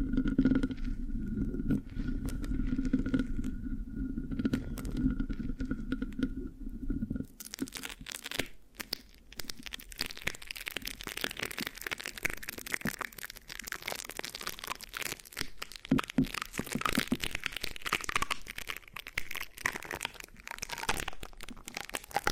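Scratching on a microphone, with a low steady hum and a thin tone under the first seven seconds. After that the hum drops away and the scratching turns dense and crackly, with sticky, crunchy rubs and small clicks filling the rest without pause.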